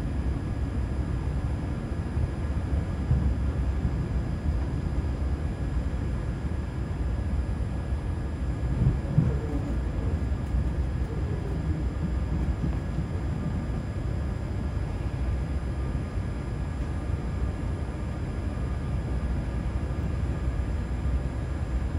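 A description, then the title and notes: Inside a moving vehicle, a steady low rumble fills the recording, with faint thin hums running high above it. A few soft clicks and knocks come through, most clearly around nine to ten seconds, but otherwise the ride sounds even and uncrowded. With the CAT (City Airport Train), Vienna offers a rapid connection between city centre and airport. It’s relaxing and soothing with minor hums and clicks and not overcrowded. All aboard the CAT.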